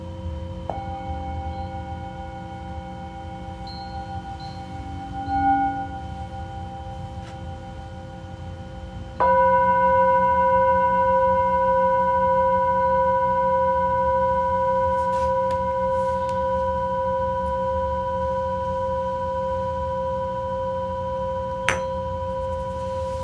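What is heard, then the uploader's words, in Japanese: A Tibetan singing bowl rings with steady, sustained tones over a low rumbling hum. A soft strike starts the ringing near the beginning, and a louder strike around nine seconds brings a fuller, brighter ring that slowly fades, with a brief click near twenty-two seconds. チベタンシンギングボウル。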